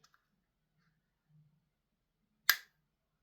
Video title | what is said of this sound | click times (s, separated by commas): The Devil Is In The Details - Jaeger Impact Multi Shot Base | Hear that click? | 2.5 s